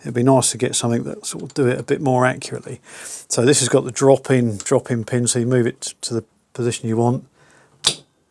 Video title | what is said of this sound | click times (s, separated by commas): WILL IT START....1939 EXCELSIOR VILLIERS 9D ATTEMPTING TO FIRE IT UP AFTER REBUILD | then it locks in place not to go anywhere do your Machining pop your pin out | 7.9 s